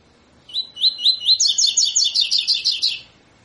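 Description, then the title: Double-collared seedeater song: a run of short rising whistled notes, then a quicker, higher, buzzier trill of repeated notes, lasting about two and a half seconds. Tui tui fibra song style, used as a tutor song for training birds. "COLEIRO TUI TUI FIBRA"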